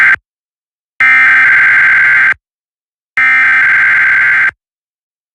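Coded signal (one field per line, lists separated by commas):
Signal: Emergency Alert System (SAME) tones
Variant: header bursts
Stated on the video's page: Weekly test tones, a recreation credited to another producer's station products.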